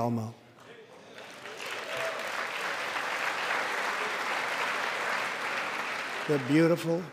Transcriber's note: applause